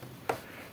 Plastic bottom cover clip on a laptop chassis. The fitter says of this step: задню кришку по периметру проходимо до характерного клацання щоб у нас від'єдналась